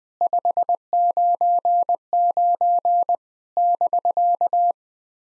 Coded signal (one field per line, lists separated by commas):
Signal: Morse code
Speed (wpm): 20 wpm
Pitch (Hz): 700 Hz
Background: none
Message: 599 <BK>